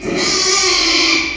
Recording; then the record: squeal of a Yucatan mini pig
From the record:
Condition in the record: after surgery on the right vocal fold (resection and tissue-engineered implant); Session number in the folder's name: 2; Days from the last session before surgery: 13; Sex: male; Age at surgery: 12 weeks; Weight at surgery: 13 kg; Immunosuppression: cyclosporine, prednisolone